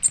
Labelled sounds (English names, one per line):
American Redstart flight call